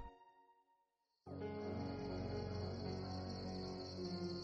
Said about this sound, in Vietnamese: Bên ngoài lúc này đang trở về khuya, chỉ có tiếng côn trùng râm ran kêu xen lẫn với tiếng gió thổi hiu hiu.